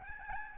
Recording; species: mosquito wingbeat signal from an infrared sensor; Aedes albopictus